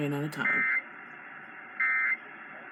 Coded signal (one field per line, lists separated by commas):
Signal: Emergency Alert System (SAME) tones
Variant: end-of-message bursts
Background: speech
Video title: EAS Alerts 8-12 from 1/11/20-1/12/20